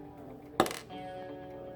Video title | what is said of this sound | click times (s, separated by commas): Wire Wrapping Tutorial - Asymmetrical Crystal Post Earrings | Hear it snap? | 0.6 s